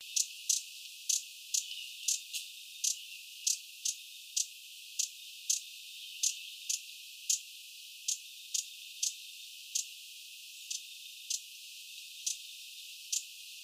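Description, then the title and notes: Glittering-bellied emerald giving many sharp, high chip calls in a steady series. "besourinho-de-bico-vermelho. Fonte: WikiAves"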